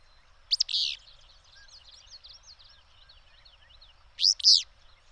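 Bird song with loud, high, clipped notes opening and closing the phrase, and a rapid run of thin, twittering high notes between them.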